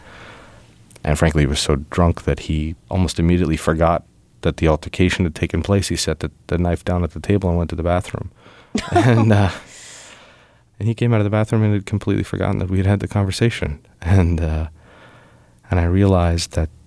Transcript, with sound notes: And frankly, he was so drunk that he almost immediately forgot that the altercation had taken place. He set the knife down at the table and went to the bathroom (LAUGHTER) And he came out of the bathroom and he had completely forgotten that we had had the conversation. And I realized that